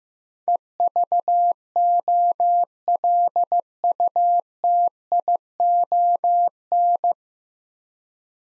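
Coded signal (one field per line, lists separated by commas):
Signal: Morse code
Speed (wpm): 15 wpm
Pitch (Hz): 700 Hz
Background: none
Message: EVOLUTION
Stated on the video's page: Morse practice at 15 wpm: nine-letter words, each sent, then spoken, then sent again.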